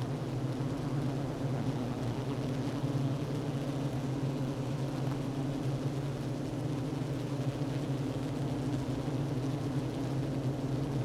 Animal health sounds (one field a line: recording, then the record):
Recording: honeybee colony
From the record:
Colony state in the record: active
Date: 12 June 2018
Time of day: 10:39